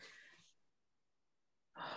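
An adult woman sneezes: a brief, forceful hissing burst of air opens the clip, the typical explosive release of a sneeze, then fades into about a second of near silence. Another loud breathy burst starts just as the clip ends. She had doubled up her medication beforehand.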